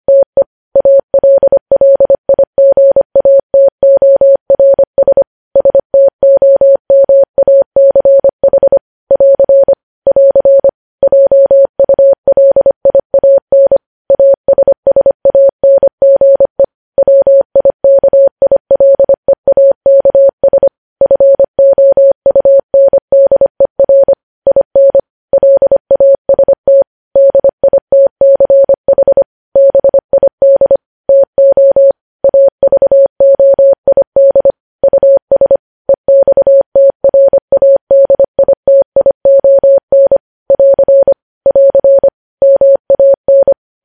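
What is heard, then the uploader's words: Morse code sent as a single steady mid-pitched beep, switched on and off in quick dots and dashes. The keying runs almost without stop, broken only by brief pauses between groups, and the tone is clean and close with no background sound. Morse code.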